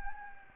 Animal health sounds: mosquito wingbeat signal from an infrared sensor; Anopheles gambiae

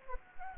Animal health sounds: mosquito wingbeat signal from an infrared sensor; Anopheles gambiae

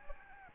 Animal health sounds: mosquito wingbeat signal from an infrared sensor; Aedes albopictus

